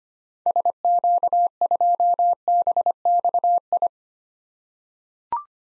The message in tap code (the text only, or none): none